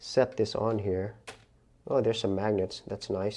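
A magnetic plastic display bezel for the webcam and microphone section is being set onto the lid of a Framework 13 laptop screen. Someone talks throughout, with faint handling sounds. Nothing has seated or clicked yet.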